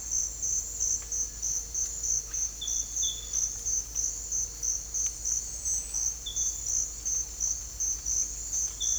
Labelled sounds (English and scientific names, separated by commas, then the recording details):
none
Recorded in dense forest near Puerto Asís, Putumayo, Colombia, on 21 December 2024 at 07:00
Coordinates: 0.485, -76.318
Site GP03